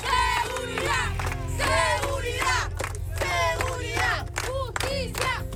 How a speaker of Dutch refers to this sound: Veiligheid en gerechtigheid, roepen de buurtbewoners in Buenos Aires.